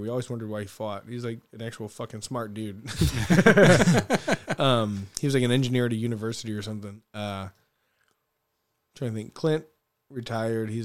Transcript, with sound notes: We always wondered why he fought. He's like an actual fucking smart dude. (laughing) He was like an engineer at a university or something. Trying to think, Clint, retired.